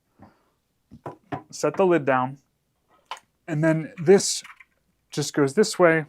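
Someone talks while handling a Baby Lock Victory and Soprano sewing machine with its top lid removed and set down, swinging a piece of the thread stand into the top housing so taller thread cones can be used. A few short knocks and taps are heard between the talk, and nothing has seated or snapped into place yet.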